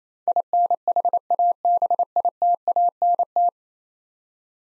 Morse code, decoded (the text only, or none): INHABITANT